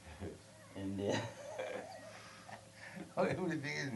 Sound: laughs

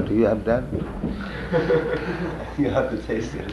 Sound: laughter

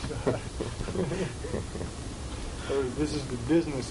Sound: laughter

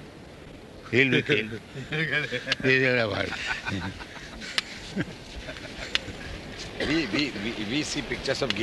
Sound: laughing

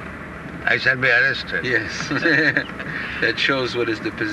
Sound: laughs

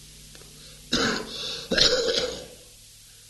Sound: coughing

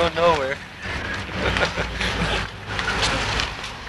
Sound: laughs

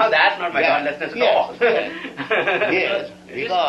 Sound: laughs

